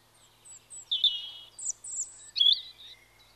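European robin song made of thin, very high whistles and sliding tones, some notes sustained, others quick and tumbling, with short gaps between phrases.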